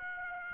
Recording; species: mosquito wingbeat signal from an infrared sensor; Aedes aegypti